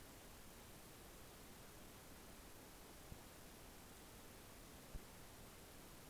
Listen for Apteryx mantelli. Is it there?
no